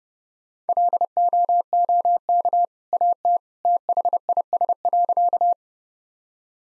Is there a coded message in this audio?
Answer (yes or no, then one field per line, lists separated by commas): yes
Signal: Morse code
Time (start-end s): 0.7-5.5 s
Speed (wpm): 30 wpm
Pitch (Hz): 700 Hz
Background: none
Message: LOOK AT THIS.